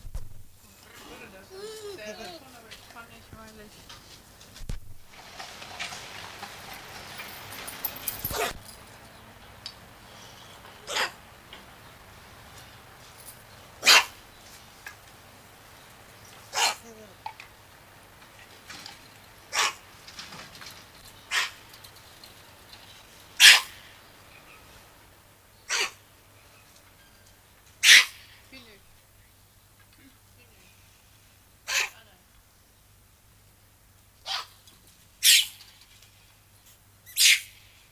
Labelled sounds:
Lion-tailed Macaque call
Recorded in captivity
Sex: female
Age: adult
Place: Zoo Rostock, Mecklenburg-Vorpommern, DE
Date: 1984-02-03 13:12
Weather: bedeckt, z. T. Regen, 3-5°C
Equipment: Nagra SN, Kopie Uher 4000 Report Monitor
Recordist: Tembrock, Günter

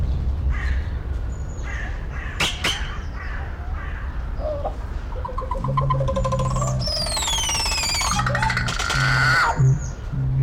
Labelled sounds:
Crested Oropendola
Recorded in captivity
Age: adult
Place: Zoo Berlin, Berlin, DE
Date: 1994-03-05 11:21
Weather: heiter, 4°C, Windböen
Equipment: Marantz CP 430, Sennheiser ME 80, Kopie Uher Variocord 263
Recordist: Tembrock, Günter

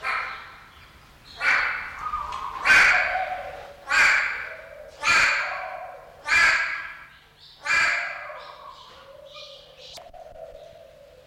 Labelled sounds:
White-bellied Go-away-bird call
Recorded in captivity
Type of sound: call
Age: adult
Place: Zoo Berlin, Berlin, DE
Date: 1994-02-05
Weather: heiter bis wolkig, 0°C, Wind
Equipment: Marantz CP 430, Sennheiser MKH 416 T, Kopie Uher Variocord 263
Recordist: Tembrock, Günter
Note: Kurzlaute und Lautfolgen

